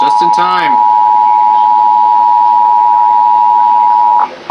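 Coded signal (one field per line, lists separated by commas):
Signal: Emergency Alert System (SAME) tones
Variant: 853 and 960 Hz attention tone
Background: speech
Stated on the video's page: Real alerts, mostly flash flood warnings, plus a surprise late-night Required Weekly Test on a Grand Junction, Colorado station.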